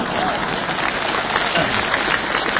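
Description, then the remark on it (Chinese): An audience applauds steadily for a few seconds, a dense, loud wash of many hands clapping at once with no clear individual beats and no pause. “朋友们， 这鼓掌着，这都是非常了解情况的。”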